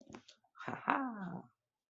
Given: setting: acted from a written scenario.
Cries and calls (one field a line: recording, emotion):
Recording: vocal sound without words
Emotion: pride